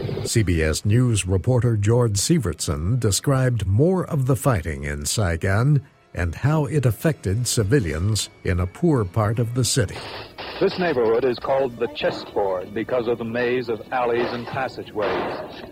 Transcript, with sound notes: CBS News reporter George Syvertsen described more of the fighting in Saigon and how it affected civilians in a poor part of the city. [Gunfire] “This neighborhood is called ‘the chessboard’ because of the maze of alleys and passageways.